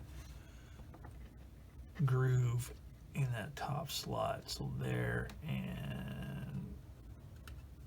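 Someone talks while lining up a plastic body part of a Tamiya 1/35 M3A1 Scout Car model kit, fitting it into its groove and top slot on the vehicle body before pushing it up into place. Faint ticks come near 0.9 s and 1.1 s, and a sharper small tick at 7.5 s from the part touching the slot during positioning. Nothing has seated or clicked yet.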